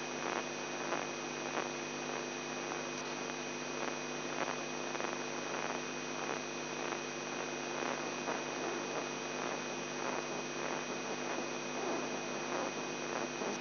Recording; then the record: brain microelectrode recording played as sound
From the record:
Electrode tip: outside the subthalamic nucleus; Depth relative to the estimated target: 3 mm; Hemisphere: left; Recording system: AlphaMap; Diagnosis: Parkinson's disease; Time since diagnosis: 11 years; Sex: male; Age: 42 years